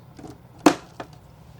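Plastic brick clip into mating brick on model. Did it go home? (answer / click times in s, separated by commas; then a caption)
yes / 0.7 s. A plastic brick clip is pushed into its mating socket on a LEGO Creator 2025 Beautiful Horse 31166 model. After faint handling taps, a loud sharp click at 0.7 s marks the clip seating, followed by a smaller tick at 1.0 s. The clip is seated.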